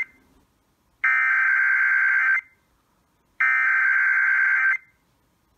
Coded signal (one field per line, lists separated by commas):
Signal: Emergency Alert System (SAME) tones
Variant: header bursts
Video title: Enhanced Risk Day... EAS Alerts from 2/5-6/2020 (EAS #248-294)